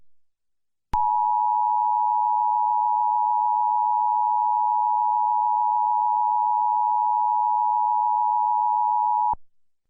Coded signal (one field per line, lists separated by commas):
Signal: Emergency Alert System (SAME) tones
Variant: 853 and 960 Hz attention tone